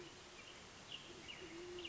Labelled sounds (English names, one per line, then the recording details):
Band-tailed Pigeon
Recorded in Sonoma County, California